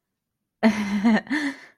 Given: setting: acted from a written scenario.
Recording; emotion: vocal sound without words; embarrassment